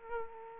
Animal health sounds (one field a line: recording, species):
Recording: mosquito wingbeat signal from an infrared sensor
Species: Aedes aegypti